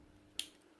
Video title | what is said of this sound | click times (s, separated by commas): My Work EDC, Everyday Carry For Work. | shove it in there locks into place | 0.4 s